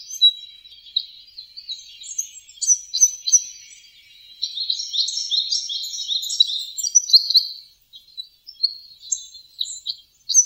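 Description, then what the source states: Red Crossbill calls, sharp high chirping notes tumbling in quick irregular runs, pausing and resuming several times. Flock in a park surrounded by a residential area in Kitami, Hokkaido, Japan.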